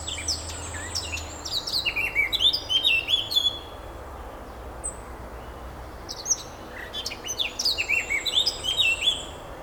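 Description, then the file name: Eurasian blackcap song: two bursts of rapid, varied warbling with bright whistled notes, separated by a pause. "Sylvia atricapilla"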